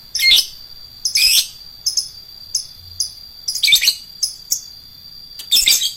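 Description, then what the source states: Lovebird chirping: loud harsh screeches mixed with short, sharp chirps at irregular intervals, with a constant thin high tone behind. Adult lovebird, described as a fighter lovebird.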